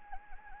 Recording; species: mosquito wingbeat signal from an infrared sensor; Anopheles gambiae